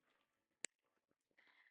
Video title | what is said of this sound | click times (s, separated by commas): Refillable Rollerball ⚖️ Herbin Vs Ferris Wheel Press #ferriswheelpress #fountainpenink #review | um it's got a nice satisfying click to close | 0.6 s